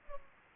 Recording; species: mosquito wingbeat signal from an infrared sensor; Culex pipiens